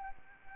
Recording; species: mosquito wingbeat signal from an infrared sensor; Anopheles arabiensis